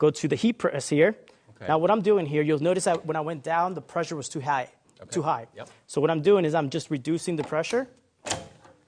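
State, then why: Seated. Someone talks while reducing the pressure on a heat press with the pressure knob because the pressure was too high when the handle went down. The heat press handle is then brought down and locks into the press frame with a single sharp click at 8.3 s. It seats in place without overpowering.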